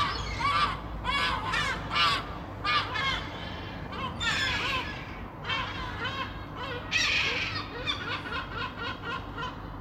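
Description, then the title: Gull cries in loud, ragged bursts, several birds overlapping with laughing, yelping notes and short pauses between outbursts over a low steady hum. "Γλάροι"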